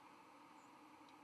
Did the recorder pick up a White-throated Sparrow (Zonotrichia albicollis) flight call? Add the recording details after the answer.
no. Another species' flight call is heard. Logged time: 06:25 on 31 October 2014